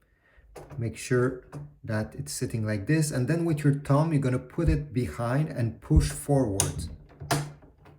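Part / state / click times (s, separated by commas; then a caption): ink cartridge into printer carriage / seated / 7.3 s. A tri-color ink cartridge is set in its slot in an HP ENVY 6555e/6155e printer carriage and pushed forward from behind with the thumb while someone talks. It clicks into place at 7.3 seconds, seating the cartridge.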